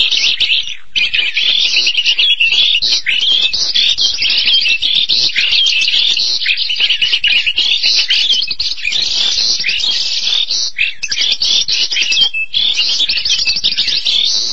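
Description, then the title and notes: Starling singing a continuous jumble of buzzy chatter and short whistles, rapid and varied, with only a few brief gaps. "details Jalak. suara burung jalak"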